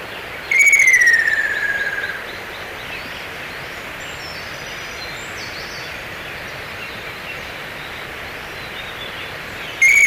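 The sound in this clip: Bird call: one drawn-out, gently descending whistle, then the start of another at the very end, all against constant heavy hiss.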